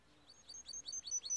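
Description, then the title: Timbrado canary singing a rapid run of repeated bright, high chirps, building in loudness across the phrase. Timbrado canary, song used as a training recording for canaries. "Canary Bird Singing - Timbrado training video"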